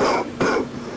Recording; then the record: coughing mixed with background sound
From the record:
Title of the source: Coughing 77